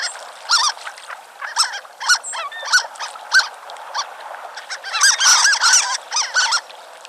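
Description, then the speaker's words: Harlequin ducks squeak in a lively flock, high arched squeals coming in irregular bursts that thicken into an overlapping cluster toward the end. Played as a mystery sound. "that was the sound of harlequin ducks."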